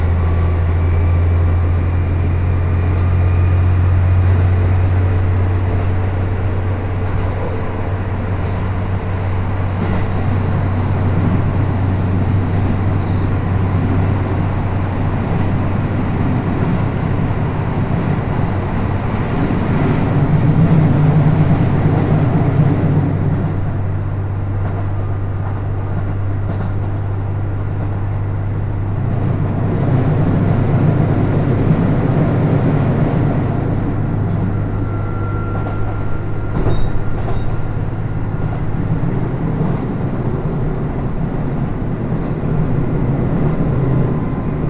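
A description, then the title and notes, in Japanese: A local train on the Takayama Main Line, running from Jōro toward Shimo-Yui. A steady low engine drone and dense rolling rumble fill the whole ride; the drone's pitch shifts near 15 seconds, with rougher, busier stretches around 17–23 and 30–35 seconds. 高山本線普通 上呂→下油井。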